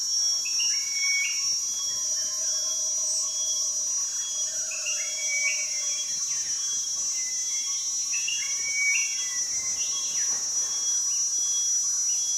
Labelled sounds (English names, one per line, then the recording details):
Gray-green Bushshrike
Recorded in Kibale, Uganda